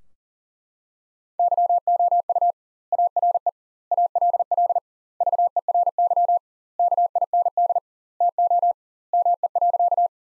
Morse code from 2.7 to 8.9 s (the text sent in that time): ARE ALL VERY KIND TO